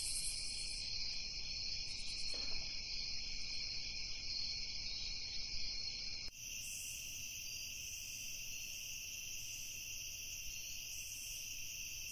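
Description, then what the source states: Crickets trilling in a continuous high chorus; about halfway through, the sound shifts to a different chorus. Crickets recorded at night, ambience.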